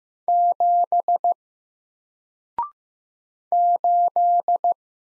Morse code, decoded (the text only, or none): 7 8